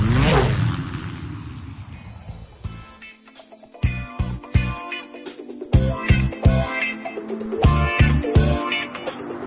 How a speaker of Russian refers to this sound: Машина, увозящая преступников и хомяка, свернула за угол.